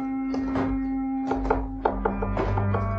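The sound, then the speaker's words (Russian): Muffled knocking from behind a wall, a series of dull thuds in uneven clusters, repeating about eight times over a steady, droning hum that runs throughout. “Що це за стук? Ён доноситься з-за гэтай стяны.”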